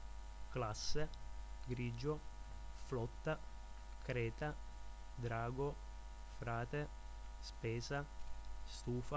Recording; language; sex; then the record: read list of words; Italian; male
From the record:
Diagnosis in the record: healthy control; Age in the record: 21 years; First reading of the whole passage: 51 s, 10.2 characters per second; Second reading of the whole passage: 47 s, 11.0 characters per second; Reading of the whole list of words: 60 s, 4.7 characters per second